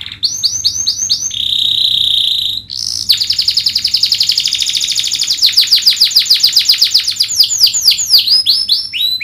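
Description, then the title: Domestic canary song: rapid rolling trills of high, sweeping notes, a sustained buzzy tone near two seconds, then fast repeated chopped syllables to the end. Vigorously singing ('gacor') domestic canary, song praised for best 'cengkok' phrasing and most luxurious 'isian'. "Kenari Gacor Cengkok Terbaik Isian Paling Mewah Kenarigacor Kicaumania Kenari"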